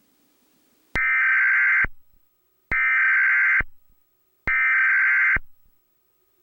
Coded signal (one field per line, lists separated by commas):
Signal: Emergency Alert System (SAME) tones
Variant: header bursts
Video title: EAS MOCK - The Dream